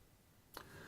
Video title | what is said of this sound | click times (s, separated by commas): REVIEW OF THE ACTV4 FOR ELECTRONIC CIGARETTES (ARRY TANK) | and then basically just give it a push and it'll pop straight through and click into place | 0.6 s